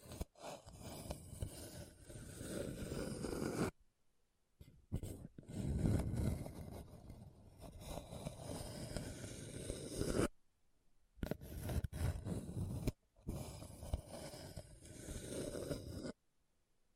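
Hard, bumpy scratching on a rough surface comes in long rasping strokes with a strong low rumble and gritty texture throughout. Bursts run several seconds each, broken by abrupt silences near 4, 10–11, 13 and after 16 seconds.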